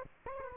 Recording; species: mosquito wingbeat signal from an infrared sensor; Aedes aegypti